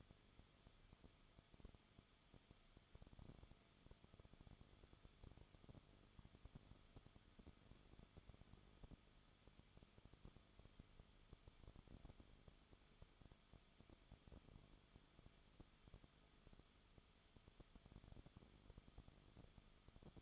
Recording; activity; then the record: daily activity, microphone in the room; no activity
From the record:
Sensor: 4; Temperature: 22.9 degrees Celsius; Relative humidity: 34.5%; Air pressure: 1011.5 hPa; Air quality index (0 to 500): 193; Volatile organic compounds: 13 ppm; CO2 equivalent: 2389 ppm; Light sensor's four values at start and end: 2/3/1/1 and 2/3/1/1